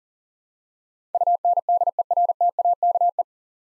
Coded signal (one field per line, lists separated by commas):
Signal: Morse code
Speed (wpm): 40 wpm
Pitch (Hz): 700 Hz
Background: none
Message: UNDERTAKE